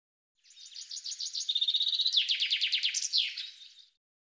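Common chaffinch song, one phrase of rapid repeated notes ending in a short flourish, no other sounds.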